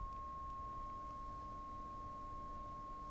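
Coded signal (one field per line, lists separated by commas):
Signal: 300-baud modem data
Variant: Bell 103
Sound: a constant pure tone around 1 kHz, unchanging for three seconds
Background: low background hum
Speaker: that tone indicates this is a pure modem right this is way before modems negotiated did handshakes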